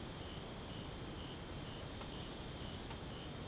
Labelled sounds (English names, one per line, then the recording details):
none
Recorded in secondary vegetation near Puerto Asís, Putumayo, Colombia, on 20 December 2024 at 02:30
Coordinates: 0.489, -76.322
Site G059